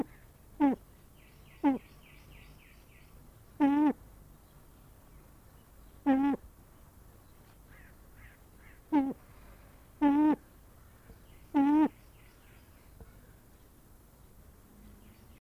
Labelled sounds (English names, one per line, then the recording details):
Brown Eared Pheasant call
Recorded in captivity
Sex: male
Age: adult
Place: Tierpark Berlin, Berlin, DE
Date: 1998-03-28 10:35
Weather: bedeckt, ca. 10°C
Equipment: Nagra SN, Kopie Uher 4000 Report Monitor
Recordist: Tembrock, Günter